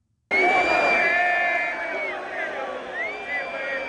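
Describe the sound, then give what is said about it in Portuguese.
A football stadium crowd of River supporters, heard in a played video, roars and chants in a loud, dense mass of voices that bursts in suddenly and holds steady, with sustained sung tones rising through the din. “Pra torcida do River, vamos ver.”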